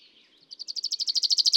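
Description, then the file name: Common chaffinch song opening: a steady, rapid series of many repeated bright notes that grow louder, cut off before any ending flourish. "Fringilla coelebs"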